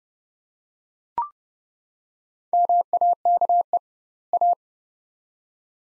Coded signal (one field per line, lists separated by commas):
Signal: Morse code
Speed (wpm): 29 wpm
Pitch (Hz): 700 Hz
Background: none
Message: MAKE A